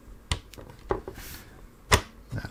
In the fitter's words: There we go. That's just clicked into place. Excellent. That is what we wanted to hear.